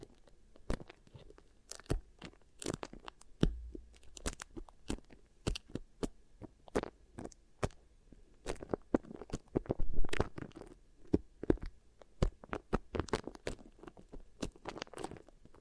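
Beeswax is pressed and worked against the ear, making a dense run of sharp crackles, sticky pops and soft crunching. The clicks come quickly and irregularly for the whole stretch, with a dull low thump near 3.5 seconds and busier bursts around 10 seconds.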